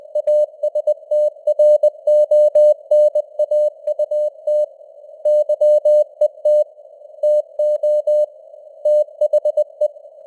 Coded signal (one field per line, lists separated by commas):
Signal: Morse code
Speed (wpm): 20 wpm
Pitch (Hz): 600 Hz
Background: none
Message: ASTRONAUT YET TO THE